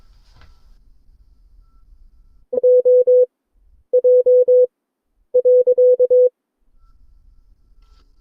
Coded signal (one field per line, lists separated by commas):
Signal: Morse code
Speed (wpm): 22 wpm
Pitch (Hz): 500 Hz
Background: none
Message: O J .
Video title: CW Class - Session 5 (2026-02-19)